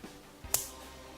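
A plastic construction-toy part is pressed into another part of a 2001 Bionicle figure during a build. A sharp click is heard at 0.5 s as the parts snap together and seat, a fitting that can't be undone once made.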